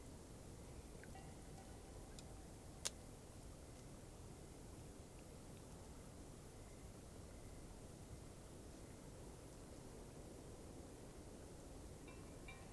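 Night at Taylor Lake brings a steady, dense low rush, with faint high tones near the start and end and one sharp click around three seconds.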